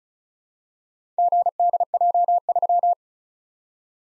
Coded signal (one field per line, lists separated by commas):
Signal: Morse code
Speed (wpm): 36 wpm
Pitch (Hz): 700 Hz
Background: none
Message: GDJ3